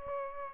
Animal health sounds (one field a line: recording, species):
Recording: mosquito wingbeat signal from an infrared sensor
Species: Aedes aegypti